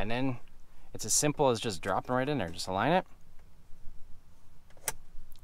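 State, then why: Seated. Someone talks while a replacement push-button ignition start switch for a Ram TRX / Ram Rebel truck is dropped into its opening in the dash trim panel, aligned and pressed in. After a quiet stretch of faint handling, a single sharp snap at 4.9 s marks the switch popping into place, seated and installed.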